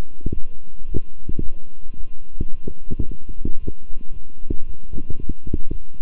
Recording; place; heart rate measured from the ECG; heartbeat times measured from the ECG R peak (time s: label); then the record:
heart sounds by stethoscope; between the tricuspid and mitral areas; 111 bpm
0.32 s: heartbeat
0.87 s: heartbeat
1.41 s: heartbeat
1.95 s: heartbeat
2.49 s: heartbeat
3.04 s: heartbeat
3.58 s: heartbeat
4.12 s: heartbeat
4.65 s: heartbeat
5.18 s: heartbeat
5.70 s: heartbeat
From the record:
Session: walking at 3.7 km/h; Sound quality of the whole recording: good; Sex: male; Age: 26 years